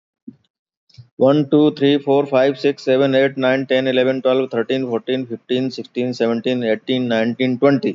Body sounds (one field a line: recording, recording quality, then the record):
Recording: counting at a fast pace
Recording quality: excellent, no background noise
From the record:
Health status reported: recovered from COVID-19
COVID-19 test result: negative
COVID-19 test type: RT-PCR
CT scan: not taken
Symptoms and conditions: none ticked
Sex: male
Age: 48 years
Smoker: no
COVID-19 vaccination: both doses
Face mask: not worn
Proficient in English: no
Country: India